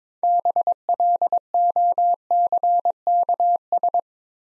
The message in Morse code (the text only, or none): BLOCKS